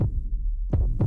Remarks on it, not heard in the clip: Heartbeat when we told her that she can get an RA.